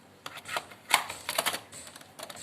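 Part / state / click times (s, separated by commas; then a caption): optical drive into laptop drive bay / seated / 0.9 s. A CD-ROM optical drive is pushed into its bay in a Lenovo Ideapad 110-14IBR laptop, with scraping and rattling sliding sounds around it. A sharp click at 0.9 s marks the drive seating and locking in place.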